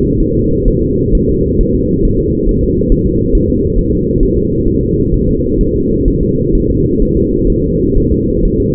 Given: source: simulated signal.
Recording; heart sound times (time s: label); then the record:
fetal heart sounds
0.20 s: S1
0.35 s: S2
0.68 s: S1
0.83 s: S2
1.15 s: S1
1.30 s: S2
1.61 s: S1
1.75 s: S2
2.05 s: S1
2.20 s: S2
2.49 s: S1
2.63 s: S2
2.92 s: S1
3.07 s: S2
3.35 s: S1
3.50 s: S2
3.79 s: S1
3.93 s: S2
4.23 s: S1
4.38 s: S2
4.68 s: S1
4.83 s: S2
5.14 s: S1
5.29 s: S2
5.61 s: S1
5.76 s: S2
6.08 s: S1
6.23 s: S2
6.55 s: S1
6.70 s: S2
7.02 s: S1
7.17 s: S2
7.50 s: S1
7.65 s: S2
7.97 s: S1
8.12 s: S2
8.45 s: S1
8.60 s: S2
From the record:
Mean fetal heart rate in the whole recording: 130 bpm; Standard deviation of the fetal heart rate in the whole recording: 4 bpm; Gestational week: 38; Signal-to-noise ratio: -14.7 dB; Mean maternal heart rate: 72 bpm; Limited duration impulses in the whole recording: present